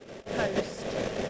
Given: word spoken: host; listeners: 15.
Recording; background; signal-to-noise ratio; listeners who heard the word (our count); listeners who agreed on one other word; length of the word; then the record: one English word in noise, from a listening test; noise modulated by three-talker babble; -5.5 dB; 3 of 15; 9 of 15; 0.89 s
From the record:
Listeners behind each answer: 9, 3, 2, 1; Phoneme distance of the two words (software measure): 10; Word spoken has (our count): 1 syllable, 4 phonemes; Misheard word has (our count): 1 syllable, 4 phonemes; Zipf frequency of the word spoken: 4.39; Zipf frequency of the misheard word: 4.87